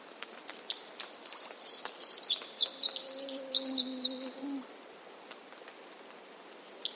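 Bird calls: a quick series of high, sharp chirps and twitters, with a lower drawn-out tone briefly underneath.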